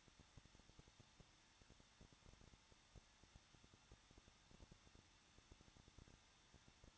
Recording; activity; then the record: daily activity, microphone in the room; no activity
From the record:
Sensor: 3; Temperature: 21.2 degrees Celsius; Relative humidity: 36.4%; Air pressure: 1006.4 hPa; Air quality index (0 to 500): 223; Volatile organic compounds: 42 ppm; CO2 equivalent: 3185 ppm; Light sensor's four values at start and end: 2/3/2/2 and 2/3/2/2